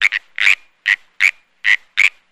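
Frog calling with short raspy croaks, six bursts in quick succession, some doubled, in an otherwise quiet background.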